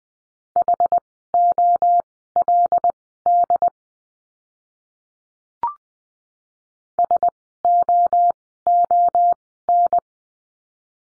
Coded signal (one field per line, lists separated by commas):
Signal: Morse code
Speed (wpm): 20 wpm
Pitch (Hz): 700 Hz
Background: none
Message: HOLD SOON